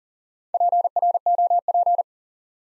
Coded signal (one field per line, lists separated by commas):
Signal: Morse code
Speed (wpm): 40 wpm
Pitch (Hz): 700 Hz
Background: none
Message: PROP